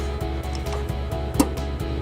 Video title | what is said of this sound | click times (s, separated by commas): 2017 Hyundai Elantra Hitch Installation | So you just heard the click, which means we're at exactly 50 foot-pounds. | 1.4 s